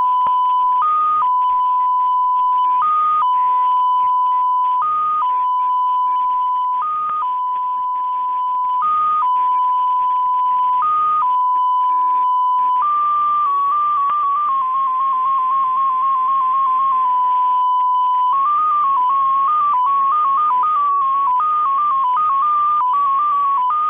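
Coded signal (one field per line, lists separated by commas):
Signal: multi-tone FSK (Olivia or MFSK type)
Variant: XPA2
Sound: steady tone with brief higher blips, then quick stepping tones over hiss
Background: radio static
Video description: XPA2 is a digital mode of the Russian 7 operator. It utilizes a custom 14-tone MFSK system.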